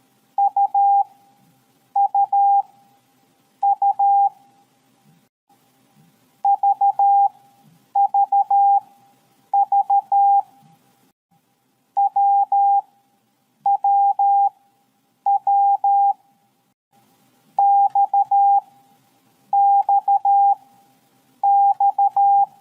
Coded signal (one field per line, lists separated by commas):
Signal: Morse code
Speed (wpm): 13 wpm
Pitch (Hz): 800 Hz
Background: none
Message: UUU VVV WWW XXX